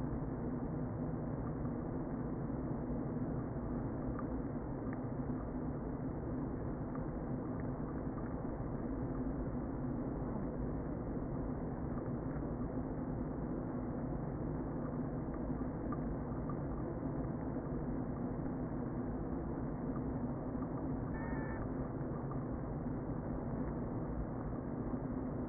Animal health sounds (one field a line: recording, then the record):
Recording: honeybee colony, microphone inside the hive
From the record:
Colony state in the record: queen present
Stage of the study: before two queens were removed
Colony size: about 60,000 bees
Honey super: yes